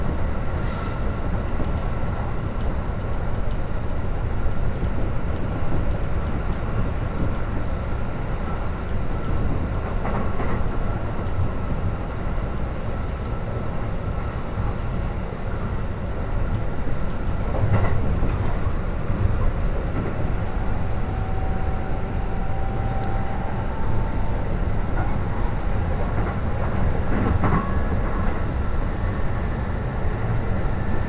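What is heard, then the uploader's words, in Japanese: A Joban Line local train rides from Ishioka toward Tsuchiura and Toride, a steady deep rumble and roar filling the whole clip. Brief clacks punctuate it around 10, 18 and 27 seconds, and a faint rising whine drifts in near 22 seconds. 耳で楽しむ鉄道旅 常磐線普通 石岡→土浦→取手。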